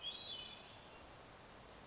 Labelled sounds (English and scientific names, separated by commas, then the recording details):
Hermit Thrush (Catharus guttatus)
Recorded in Sonoma County, California